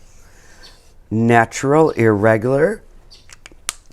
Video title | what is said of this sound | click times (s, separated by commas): Koru Inspired Paper Art Lesson - Module 1 | Oh, did you hear the click? I always hear the click. | 3.7 s